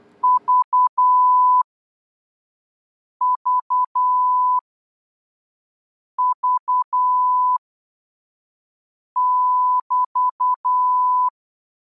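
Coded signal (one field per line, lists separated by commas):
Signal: Morse code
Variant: Russian alphabet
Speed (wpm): 10 wpm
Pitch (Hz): 1000 Hz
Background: none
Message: ЖЖЖ<BT>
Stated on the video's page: Morse lesson 11 covering the Russian letters Щ Ц Ь Х Ш.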